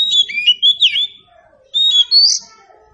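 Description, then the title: Oriental Magpie-Robin song: loud whistled phrases sliding between high notes in two bursts, with a pause in the middle. "Nyaut Kacer"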